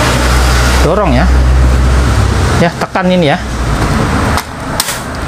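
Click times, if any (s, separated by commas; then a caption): 4.8 s. A replacement power supply adapter is fitted into the plastic housing of a Canon G1010 inkjet printer, inserted left side first and then pressed down, while someone talks over a steady low hum. A sharp snap is heard at 4.8 s as the adapter seats and locks into place.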